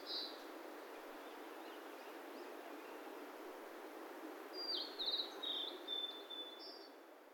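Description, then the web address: Bird song: a brief high note at the start, then after a pause a longer twittering phrase that includes a thin drawn-out whistle, against constant hiss. "yacho koe"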